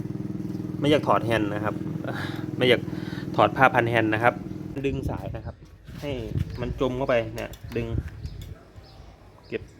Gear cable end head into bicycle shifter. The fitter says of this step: เก็บหัวตรงนี้เข้าไปนะครับเนี่ให้มันดังแก๊กนะครับข้างในนะครับ